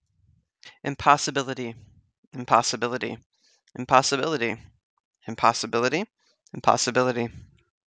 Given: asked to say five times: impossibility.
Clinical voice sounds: repeated word; 20 to 29 years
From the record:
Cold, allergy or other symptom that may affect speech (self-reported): no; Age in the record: 27 years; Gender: other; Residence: Iowa, United States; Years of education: 16

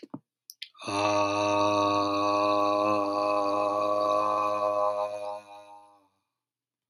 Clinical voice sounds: vowel held as long as possible; 30 to 39 years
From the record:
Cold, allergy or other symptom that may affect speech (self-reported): no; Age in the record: 35 years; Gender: other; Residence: California, United States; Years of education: 16

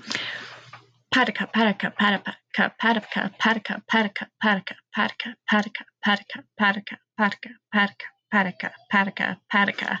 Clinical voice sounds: repeated syllables /pa ta ka/; 20 to 29 years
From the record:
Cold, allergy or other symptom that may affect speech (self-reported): no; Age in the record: 23 years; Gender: other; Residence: Washington, United States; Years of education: 13

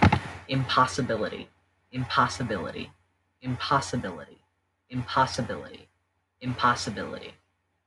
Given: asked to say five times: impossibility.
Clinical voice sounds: repeated word; 18 to 19 years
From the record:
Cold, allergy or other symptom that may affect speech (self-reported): no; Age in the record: 19 years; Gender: other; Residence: Ohio, United States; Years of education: 13

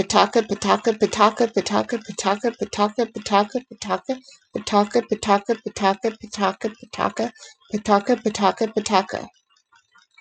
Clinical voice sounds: repeated syllables /pa ta ka/; 30 to 39 years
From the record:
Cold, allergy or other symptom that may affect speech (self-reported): no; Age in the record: 33 years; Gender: other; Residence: Texas, United States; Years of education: 16

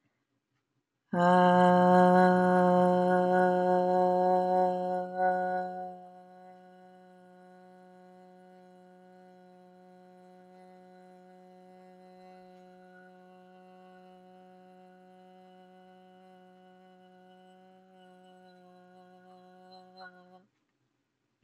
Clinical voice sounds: vowel held as long as possible; 20 to 29 years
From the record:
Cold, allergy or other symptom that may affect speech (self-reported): no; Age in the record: 20 years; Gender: other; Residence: California, United States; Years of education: 14

